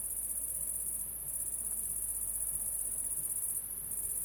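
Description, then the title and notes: Cricket, a sustained high-pitched trill that thickens slightly twice, over a low steady hum. Crickets at La Sablière, Saint-Privat-de-Champclos, France; recorded with a Zoom H6 and an M/S microphone. "30430 Saint-Privat-de-Champclos, France - cricket la sabliére. cricket la sabliére Captation : ZOOMH6 + M/S Microphone"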